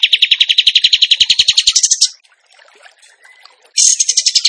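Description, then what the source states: Bird song: a rapid, pulsed, high trill for about two seconds, ending in higher notes. Faint chatter follows, then another quick buzzy trill begins. Masteran training song of a singing bird in the tembakan gacor style.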